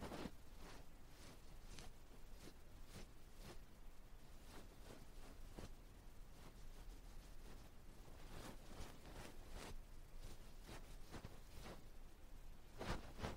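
Ear touching sounds: soft brushing and rubbing strokes against the ear, with bright scratchy bursts arriving every second or so, some in quick clusters around eight to ten seconds. A steady low rumble sits underneath throughout, and the level stays fairly even.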